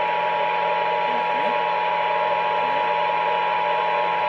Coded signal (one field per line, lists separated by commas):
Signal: Emergency Alert System (SAME) tones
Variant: 853 and 960 Hz attention tone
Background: speech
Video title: THERE IS A ENHANCED RISK... EAS Alerts from 12/13/22 (EAS#60 & #61)